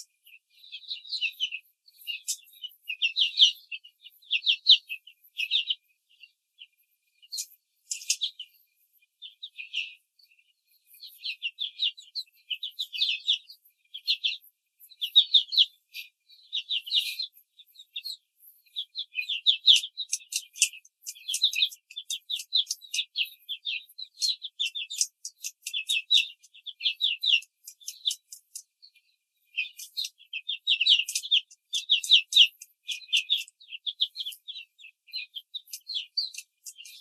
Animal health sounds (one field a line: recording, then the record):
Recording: young laying hens in a cage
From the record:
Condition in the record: control cage, before the stress test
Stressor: none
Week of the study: 4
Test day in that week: 1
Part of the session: 1